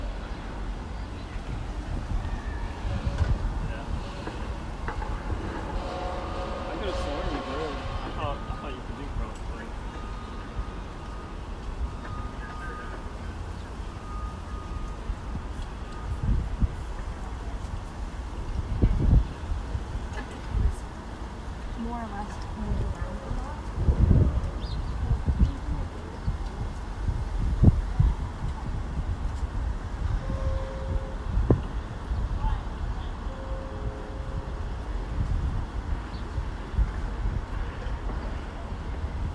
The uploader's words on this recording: Alongside the Rail Trail in South End. Featuring the light rail, construction and walkers.